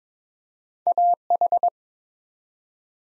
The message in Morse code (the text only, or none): AH